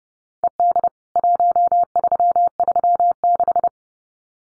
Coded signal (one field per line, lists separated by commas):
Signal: Morse code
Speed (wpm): 30 wpm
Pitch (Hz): 700 Hz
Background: none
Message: ED 1336